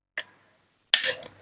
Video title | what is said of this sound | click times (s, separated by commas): HT KEKINIAN DENGAN HARGA YANG RAMAH DI KANTONG - KSUN UV110D | sampai terdengar bunyi klik ya di | 0.9 s